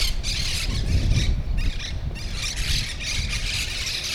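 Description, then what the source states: Monk parakeets keep up loud, rasping squawks in quick overlapping bursts over a heavy low rumble. Recorded in Brooklyn; birds referred to as Brooklyn parrots.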